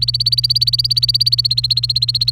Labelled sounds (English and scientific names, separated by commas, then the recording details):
Domestic Canary (Serinus canaria) song
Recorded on 28 April 2018 at 09:42
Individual llb3